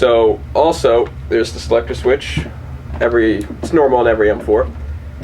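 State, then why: Not seated. Someone talks while the fire selector lever on the lower receiver of a King Arms CAA-licensed full metal M4 carbine airsoft AEG rifle is handled. No distinct click is heard, and the selector has not yet clicked into position by the end of the clip.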